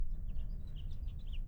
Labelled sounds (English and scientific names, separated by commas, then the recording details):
House Finch (Haemorhous mexicanus) song
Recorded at Island Park on Long Island, New York, on 17 June 1975
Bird A